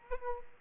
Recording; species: mosquito wingbeat signal from an infrared sensor; Aedes aegypti